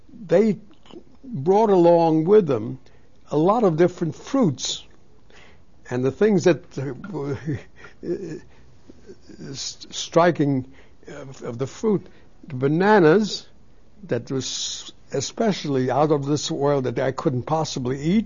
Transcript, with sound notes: they brought along with them a lot of different fruits. And the things that, (he laughs) were striking of the fruit, the bananas that was, especially out of this world, I couldn't possibly eat.